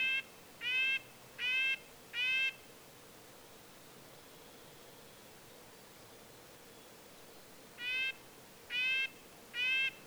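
Red-breasted nuthatch calls: four nasal notes in quick succession, a long pause, then three more of the same tinny honks.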